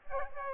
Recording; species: mosquito wingbeat signal from an infrared sensor; Aedes aegypti